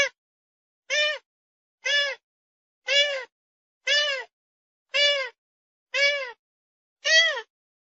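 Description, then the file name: Grey-headed swamphen calls: a steady run of eight arched, nasal wailing notes, each under half a second, spaced almost evenly about once a second. "Tieng trich co"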